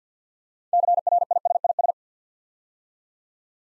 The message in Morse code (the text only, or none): CRISIS